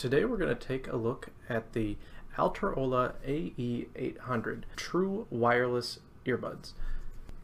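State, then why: Not seated. Someone talks while handling the plastic charging case of Alterola AE800 true wireless earbuds, whose lid has a magnetic catch that snaps it shut onto the case body. Only speech is heard, with a faint tick near the end. The lid has not yet snapped shut; nothing has clicked.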